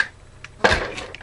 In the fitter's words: move them back until you hear a click